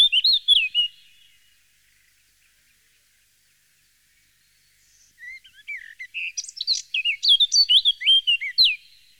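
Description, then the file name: Eurasian blackcap: the tail of one whistled phrase, a silent gap, then a fresh song that starts soft and swells into loud, varied fluty notes. "Jean C Roche - Fauvette a tete noire"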